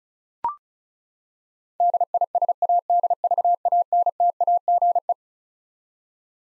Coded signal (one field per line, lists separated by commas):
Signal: Morse code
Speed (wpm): 34 wpm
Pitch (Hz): 700 Hz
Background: none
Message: DISADVANTAGE